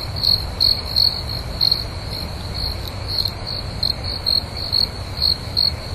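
Cricket chirps, short high pulses repeated roughly every half second, some closer together, over a steady low rumble.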